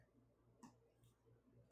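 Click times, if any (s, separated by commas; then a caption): 0.6 s. An ostomy pouch's plastic coupling ring is lined up with the skin barrier flange and pressed down, giving a short, tick-like click at 0.6 s over a quiet low hum. The coupling clicks onto the flange and is confirmed seated.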